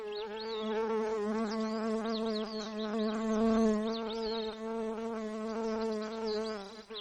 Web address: alaska acoustic highlights highlights audio INSECTS GAARNNUT 20140705 214919